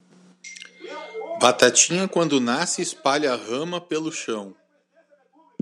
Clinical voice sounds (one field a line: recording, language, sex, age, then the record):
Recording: short text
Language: Brazilian Portuguese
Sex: male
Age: 50 to 59 years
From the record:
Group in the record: control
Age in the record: 50 years